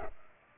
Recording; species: mosquito wingbeat signal from an infrared sensor; Culex pipiens